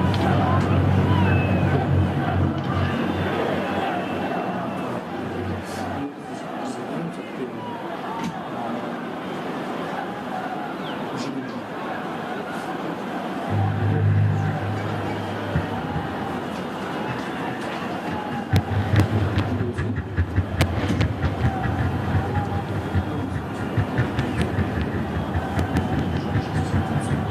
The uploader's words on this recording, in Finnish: Kaikki projektin äänet ovat aitoja, dokumentaarisia ääniä, jotka on nauhoitettu Valkovenäjällä meneillään olevissa mielenosoituksissa.